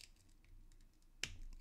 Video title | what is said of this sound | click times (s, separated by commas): NECA Ultimate Alex J. Murphy unboxing | pops right in you you might have heard that snap it goes right in | 1.2 s